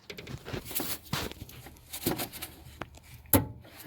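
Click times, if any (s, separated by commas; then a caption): 3.3 s. A fuel line quick-connect is pushed onto a lift pump plumbing fitting during an Air Dog 4G 165 lift pump and G&R sump kit install. Faint handling rustles and small taps lead up to one loud, sharp snap at 3.3 s as the connector latches and clips in, seated.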